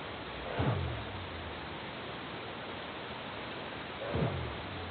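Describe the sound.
North Pacific right whale calls: two low swooping moans about three and a half seconds apart against constant background hiss.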